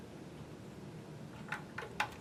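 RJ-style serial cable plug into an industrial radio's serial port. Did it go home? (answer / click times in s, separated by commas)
no / none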